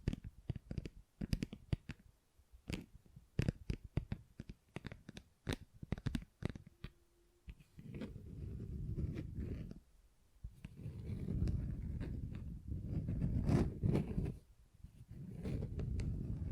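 Tapping and scratching on textured surfaces. The first half is sparse, sharp taps, some quick and clustered, with short pauses between; from about eight seconds, denser, low rubbing and scratching bursts take over, broken by brief quiet gaps.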